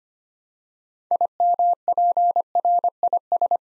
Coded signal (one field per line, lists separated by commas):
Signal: Morse code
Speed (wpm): 25 wpm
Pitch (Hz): 700 Hz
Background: none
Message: IMPRIS